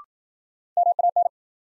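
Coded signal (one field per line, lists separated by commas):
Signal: Morse code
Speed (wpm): 53 wpm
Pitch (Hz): 700 Hz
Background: none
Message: MAN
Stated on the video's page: New-word head-copy drill at 55 wpm: each word sent in Morse, spoken, then sent again.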